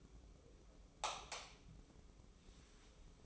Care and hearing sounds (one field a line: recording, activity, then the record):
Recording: daily activity, microphone in the room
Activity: light off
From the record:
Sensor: 1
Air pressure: 995.3 hPa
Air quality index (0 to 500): 26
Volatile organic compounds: 1 ppm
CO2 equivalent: 509 ppm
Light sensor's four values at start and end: 14/41/15/17 and 10/26/10/11